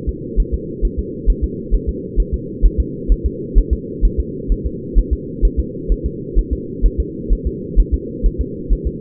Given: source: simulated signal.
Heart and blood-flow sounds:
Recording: fetal heart sounds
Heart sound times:
0.09 s: S2
0.40 s: S1
0.54 s: S2
0.85 s: S1
0.99 s: S2
1.30 s: S1
1.44 s: S2
1.75 s: S1
1.89 s: S2
2.20 s: S1
2.34 s: S2
2.66 s: S1
2.80 s: S2
3.12 s: S1
3.26 s: S2
3.58 s: S1
3.73 s: S2
4.05 s: S1
4.20 s: S2
4.52 s: S1
4.66 s: S2
4.98 s: S1
5.13 s: S2
5.45 s: S1
5.60 s: S2
5.92 s: S1
6.06 s: S2
6.39 s: S1
6.53 s: S2
6.86 s: S1
7.00 s: S2
7.33 s: S1
7.47 s: S2
7.80 s: S1
7.94 s: S2
8.26 s: S1
8.41 s: S2
8.73 s: S1
8.87 s: S2
From the record:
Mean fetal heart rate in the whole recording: 130 bpm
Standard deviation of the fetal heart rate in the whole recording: 2 bpm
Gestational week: 36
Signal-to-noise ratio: -4.1 dB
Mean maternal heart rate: no maternal heart sound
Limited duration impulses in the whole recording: absent

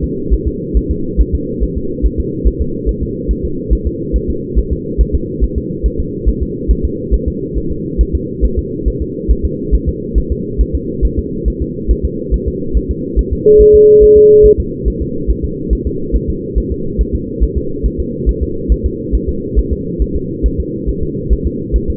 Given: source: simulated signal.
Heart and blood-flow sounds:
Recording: fetal heart sounds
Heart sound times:
0.04 s: S2
0.34 s: S1
0.48 s: S2
0.77 s: S1
0.91 s: S2
1.21 s: S1
1.35 s: S2
1.63 s: S1
1.77 s: S2
2.06 s: S1
2.20 s: S2
2.48 s: S1
2.62 s: S2
2.89 s: S1
3.03 s: S2
3.31 s: S1
3.45 s: S2
3.73 s: S1
3.87 s: S2
4.16 s: S1
4.30 s: S2
4.59 s: S1
4.73 s: S2
5.01 s: S1
5.15 s: S2
5.44 s: S1
5.58 s: S2
5.86 s: S1
6.00 s: S2
6.29 s: S1
6.43 s: S2
6.71 s: S1
6.85 s: S2
7.14 s: S1
7.28 s: S2
7.58 s: S1
7.72 s: S2
8.01 s: S1
8.15 s: S2
8.45 s: S1
8.59 s: S2
8.88 s: S1
9.02 s: S2
9.31 s: S1
9.45 s: S2
9.75 s: S1
9.89 s: S2
10.18 s: S1
10.32 s: S2
10.61 s: S1
10.75 s: S2
11.05 s: S1
11.19 s: S2
11.48 s: S1
11.62 s: S2
11.91 s: S1
12.05 s: S2
12.34 s: S1
12.48 s: S2
12.77 s: S1
12.91 s: S2
13.19 s: S1
13.33 s: S2
13.61 s: S1
13.75 s: S2
14.04 s: S1
14.18 s: S2
14.46 s: S1
14.60 s: S2
14.88 s: S1
15.02 s: S2
15.30 s: S1
15.45 s: S2
15.73 s: S1
15.87 s: S2
16.16 s: S1
16.30 s: S2
16.58 s: S1
16.72 s: S2
17.01 s: S1
17.15 s: S2
17.43 s: S1
17.57 s: S2
17.86 s: S1
18.00 s: S2
18.29 s: S1
18.43 s: S2
18.72 s: S1
18.86 s: S2
19.15 s: S1
19.29 s: S2
19.59 s: S1
19.73 s: S2
20.02 s: S1
20.16 s: S2
20.46 s: S1
20.60 s: S2
20.89 s: S1
21.03 s: S2
21.33 s: S1
21.47 s: S2
21.76 s: S1
21.90 s: S2
From the record:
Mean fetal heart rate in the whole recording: 140 bpm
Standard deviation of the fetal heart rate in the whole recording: 2 bpm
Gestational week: 34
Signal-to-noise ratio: -6.6 dB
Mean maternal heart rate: 72 bpm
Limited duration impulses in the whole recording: present

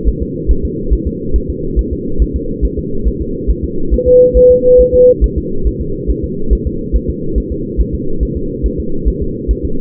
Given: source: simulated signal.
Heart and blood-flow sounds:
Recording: fetal heart sounds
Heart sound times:
0.08 s: S1
0.22 s: S2
0.51 s: S1
0.65 s: S2
0.93 s: S1
1.07 s: S2
1.36 s: S1
1.50 s: S2
1.79 s: S1
1.93 s: S2
2.22 s: S1
2.36 s: S2
2.65 s: S1
2.79 s: S2
3.07 s: S1
3.21 s: S2
3.50 s: S1
3.64 s: S2
3.94 s: S1
4.08 s: S2
4.37 s: S1
4.51 s: S2
4.80 s: S1
4.94 s: S2
5.24 s: S1
5.38 s: S2
5.67 s: S1
5.81 s: S2
6.10 s: S1
6.24 s: S2
6.53 s: S1
6.67 s: S2
6.96 s: S1
7.10 s: S2
7.38 s: S1
7.52 s: S2
7.80 s: S1
7.95 s: S2
8.23 s: S1
8.37 s: S2
8.66 s: S1
8.80 s: S2
9.08 s: S1
9.22 s: S2
9.51 s: S1
9.65 s: S2
From the record:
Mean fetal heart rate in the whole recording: 140 bpm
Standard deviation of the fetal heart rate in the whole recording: 2 bpm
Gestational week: 34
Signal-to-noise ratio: -8.1 dB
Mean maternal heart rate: 72 bpm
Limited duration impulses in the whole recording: present

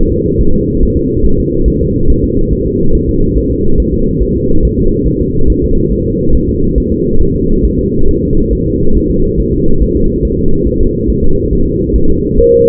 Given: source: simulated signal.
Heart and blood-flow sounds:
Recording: fetal heart sounds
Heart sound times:
0.12 s: S2
0.41 s: S1
0.55 s: S2
0.83 s: S1
0.97 s: S2
1.26 s: S1
1.40 s: S2
1.68 s: S1
1.82 s: S2
2.10 s: S1
2.24 s: S2
2.53 s: S1
2.67 s: S2
2.95 s: S1
3.09 s: S2
3.38 s: S1
3.52 s: S2
3.80 s: S1
3.94 s: S2
4.23 s: S1
4.37 s: S2
4.65 s: S1
4.79 s: S2
5.08 s: S1
5.22 s: S2
5.50 s: S1
5.64 s: S2
5.92 s: S1
6.06 s: S2
6.35 s: S1
6.49 s: S2
6.78 s: S1
6.92 s: S2
7.22 s: S1
7.36 s: S2
7.65 s: S1
7.79 s: S2
8.09 s: S1
8.23 s: S2
8.53 s: S1
8.67 s: S2
8.97 s: S1
9.11 s: S2
9.40 s: S1
9.54 s: S2
9.82 s: S1
9.96 s: S2
10.25 s: S1
10.39 s: S2
10.68 s: S1
10.81 s: S2
11.10 s: S1
11.24 s: S2
11.53 s: S1
11.67 s: S2
11.96 s: S1
12.10 s: S2
12.39 s: S1
12.53 s: S2
From the record:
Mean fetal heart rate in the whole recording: 140 bpm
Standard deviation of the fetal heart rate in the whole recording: 2 bpm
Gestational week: 34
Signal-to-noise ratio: -19.1 dB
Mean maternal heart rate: 72 bpm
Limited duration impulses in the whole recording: present

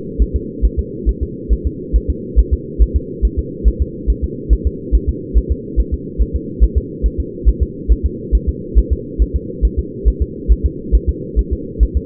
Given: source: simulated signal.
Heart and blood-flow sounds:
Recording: fetal heart sounds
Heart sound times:
0.22 s: S1
0.36 s: S2
0.65 s: S1
0.79 s: S2
1.09 s: S1
1.23 s: S2
1.53 s: S1
1.67 s: S2
1.96 s: S1
2.10 s: S2
2.39 s: S1
2.53 s: S2
2.82 s: S1
2.96 s: S2
3.25 s: S1
3.39 s: S2
3.68 s: S1
3.82 s: S2
4.10 s: S1
4.24 s: S2
4.53 s: S1
4.67 s: S2
4.95 s: S1
5.09 s: S2
5.38 s: S1
5.52 s: S2
5.80 s: S1
5.94 s: S2
6.22 s: S1
6.36 s: S2
6.64 s: S1
6.78 s: S2
7.06 s: S1
7.20 s: S2
7.49 s: S1
7.62 s: S2
7.92 s: S1
8.06 s: S2
8.35 s: S1
8.49 s: S2
8.78 s: S1
8.93 s: S2
9.22 s: S1
9.36 s: S2
9.65 s: S1
9.79 s: S2
10.08 s: S1
10.22 s: S2
10.52 s: S1
10.66 s: S2
10.95 s: S1
11.09 s: S2
11.39 s: S1
11.53 s: S2
11.83 s: S1
11.97 s: S2
From the record:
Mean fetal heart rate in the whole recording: 140 bpm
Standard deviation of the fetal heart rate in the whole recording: 2 bpm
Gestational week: 34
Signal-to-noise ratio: -4.1 dB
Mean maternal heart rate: no maternal heart sound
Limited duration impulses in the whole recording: absent

